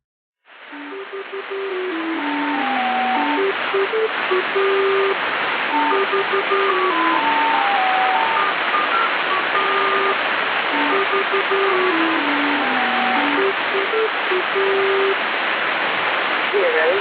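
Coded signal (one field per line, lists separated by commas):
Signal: numbers station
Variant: Lincolnshire Poacher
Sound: simple electronic folk-tune melody of pure tones, repeated over heavy hiss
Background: radio static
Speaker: a radio transmission of the English folk song The Lincolnshire poacher played repeatedly followed by a series of seemingly random numbers this is the enigmatic transmission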